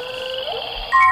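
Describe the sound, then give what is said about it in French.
A steady chorus of frogs croaking and trilling in a high, whistly tone, growing louder and sharper with a bright burst of chirps just before the end. No one speaks. “Et là, on entend les grenouilles pour terminer ce moment de glace.”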